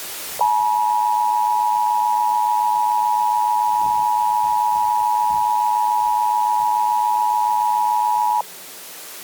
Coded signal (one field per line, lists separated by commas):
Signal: Emergency Alert System (SAME) tones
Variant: 853 and 960 Hz attention tone